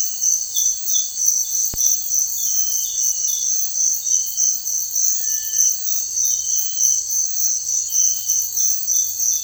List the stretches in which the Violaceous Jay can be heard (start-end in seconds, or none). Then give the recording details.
none. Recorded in secondary vegetation near Puerto Asís, Putumayo, Colombia, on 4 March 2025 at 06:00. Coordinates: 0.499, -76.323. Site G094